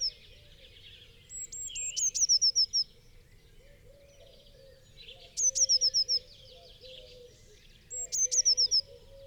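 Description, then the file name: Eurasian blue tit singing three phrases a few seconds apart, each a few thin high notes then a quick, slightly falling trill, over a steady low hum. "Cyanistes caeruleus"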